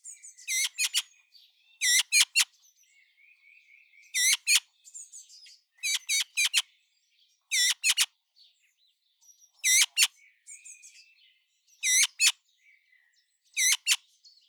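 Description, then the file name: Eurasian magpie repeating loud, harsh chattering notes in clusters of two or three roughly every two seconds, with faint scratchy sounds in the pauses. "Pica pica"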